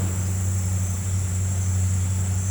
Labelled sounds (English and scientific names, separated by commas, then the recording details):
none
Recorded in pastures near Puerto Asís, Putumayo, Colombia, on 16 December 2024 at 09:30
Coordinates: 0.466, -76.322
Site G040